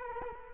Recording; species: mosquito wingbeat signal from an infrared sensor; Culex quinquefasciatus